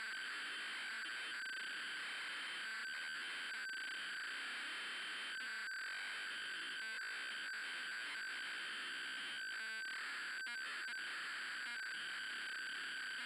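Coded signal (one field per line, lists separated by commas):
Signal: ZX Spectrum tape loading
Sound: continuous harsh, buzzing data screech with rapid rasping bursts throughout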